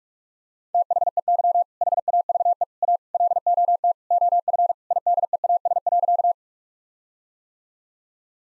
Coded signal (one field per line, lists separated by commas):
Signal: Morse code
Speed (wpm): 46 wpm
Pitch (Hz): 700 Hz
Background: none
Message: THEY HAVE A LOT OF IDEAS.